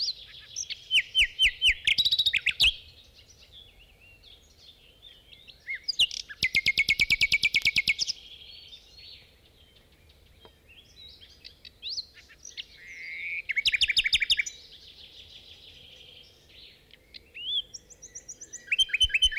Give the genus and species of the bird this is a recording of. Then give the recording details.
Luscinia megarhynchos. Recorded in the wild. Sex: male. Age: adult. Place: Dormagen, Nordrhein-Westfalen, DE. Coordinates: 51.08, 6.75. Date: 1986-05-24. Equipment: Sony WM-D6C, Parabolscheibe. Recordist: Skiba, Reinald. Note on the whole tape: Knechtsteden